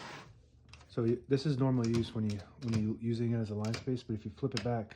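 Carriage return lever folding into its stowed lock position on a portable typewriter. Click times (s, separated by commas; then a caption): 0.7 s. The metal line-space and carriage return handle of a 1975 Olivetti Lettera 25 portable typewriter is flipped back into its folded, stowed position, so the handle isn't damaged when the machine is in its case. A short, soft click at 0.7 s marks the handle locking into place. Someone then talks over the rest of the clip.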